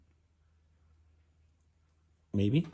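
A plastic connector position lock is pushed into a connector housing holding two female connectors for an LED light bar install. Only quiet low hum is heard until about 2.3 s, when someone briefly talks. The locking piece has not clicked into place yet.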